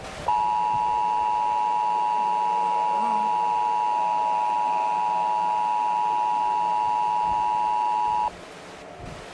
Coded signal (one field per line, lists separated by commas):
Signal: Emergency Alert System (SAME) tones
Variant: 853 and 960 Hz attention tone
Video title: Scary EAS scenario